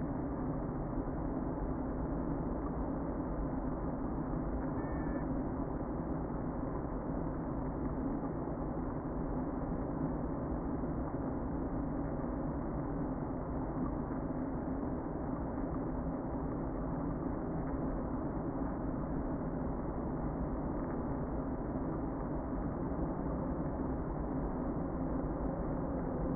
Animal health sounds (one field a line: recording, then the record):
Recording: honeybee colony, microphone inside the hive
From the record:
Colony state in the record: queen present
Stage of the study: before two queens were removed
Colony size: about 60,000 bees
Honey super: yes